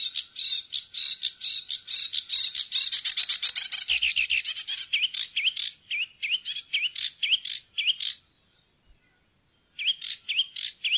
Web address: fuglelyder sivsanger